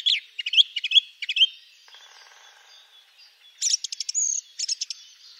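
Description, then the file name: Song thrush song: short bursts of sharp, varied notes and trills with pauses between bursts, and faint lower chatter in one gap. "Grive musicienne"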